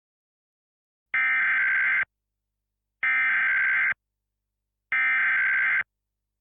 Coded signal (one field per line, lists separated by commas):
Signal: Emergency Alert System (SAME) tones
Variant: header bursts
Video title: EAS Scenario - "The Electrical Virus"